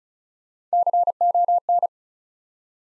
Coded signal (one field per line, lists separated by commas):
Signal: Morse code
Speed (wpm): 36 wpm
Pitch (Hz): 700 Hz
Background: none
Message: CON